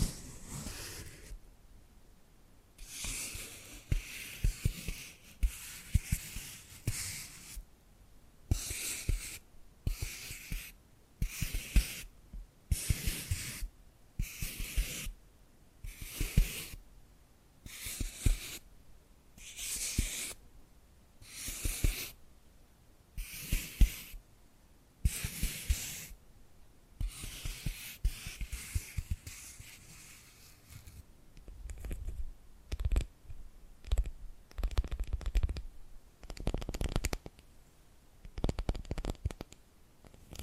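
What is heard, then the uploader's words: Dry scratching strokes come in a steady rhythm of roughly two per second through most of the recording, each a bright hissing burst separated by short gaps. After about thirty seconds the strokes shift to softer, lower, quicker taps and rubs. A quiet hum lies underneath. ASMR Hypnotic Tapping and Scratching Sounds (No Talking).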